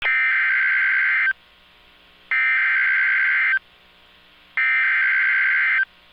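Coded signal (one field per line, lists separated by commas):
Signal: Emergency Alert System (SAME) tones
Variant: header bursts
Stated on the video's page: Genuine SAME alert tones for a severe thunderstorm warning, capable of activating the emergency alert system.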